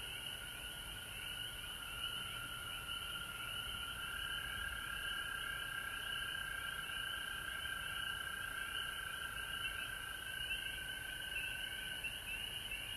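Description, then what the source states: A frog chorus keeps up an unbroken trilling hum with layered, quickly repeated higher notes, over soft background noise. Recorded at home in Georgia on March 19, 2020.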